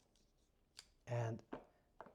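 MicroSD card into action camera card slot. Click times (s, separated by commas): 0.8 s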